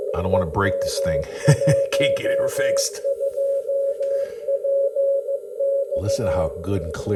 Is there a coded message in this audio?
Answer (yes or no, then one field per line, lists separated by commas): yes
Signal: Morse code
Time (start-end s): 0.3-6.5 s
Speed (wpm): 14 wpm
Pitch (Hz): 550 Hz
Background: speech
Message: EM12PX